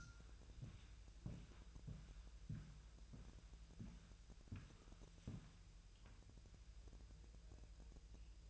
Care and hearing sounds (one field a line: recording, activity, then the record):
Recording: daily activity, microphone in the room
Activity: walk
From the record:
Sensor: 2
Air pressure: 1001.8 hPa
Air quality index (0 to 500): 233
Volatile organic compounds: 63 ppm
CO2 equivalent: 3450 ppm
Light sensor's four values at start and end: 7/17/7/7 and 7/17/7/8